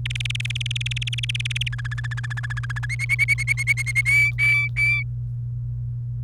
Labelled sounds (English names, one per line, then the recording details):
Domestic Canary song
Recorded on 28 April 2018 at 11:50
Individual llb3